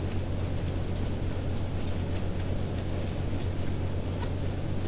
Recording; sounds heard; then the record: poultry house recording; healthy chickens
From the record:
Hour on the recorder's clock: 21